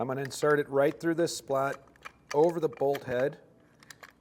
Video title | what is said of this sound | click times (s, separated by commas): etrailer - Installing the Thule WingBar Evo Roof Rack on a 2025 Nissan Rogue | And it should click in. All right. | 3.9 s, 4.0 s